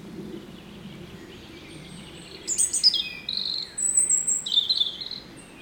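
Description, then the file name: European robin song: thin, high warbled phrases with sliding notes, starting after a quiet stretch and returning in a second burst. "Erithacus rubecula"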